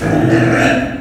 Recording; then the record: squeal of a Yucatan mini pig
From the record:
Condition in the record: after surgery on the right vocal fold (resection and tissue-engineered implant); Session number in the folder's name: 4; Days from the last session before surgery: 26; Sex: female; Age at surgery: 19 weeks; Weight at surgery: 25 kg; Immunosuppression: prednisolone